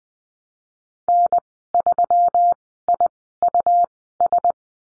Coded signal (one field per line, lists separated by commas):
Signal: Morse code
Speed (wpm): 20 wpm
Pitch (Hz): 700 Hz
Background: none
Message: N3IUS